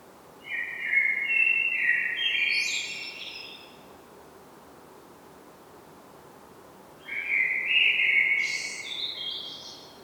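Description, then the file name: Common blackbird song in two phrases separated by a quiet gap, each a mellow warble climbing into squeaky high twitters. "Turdus merula"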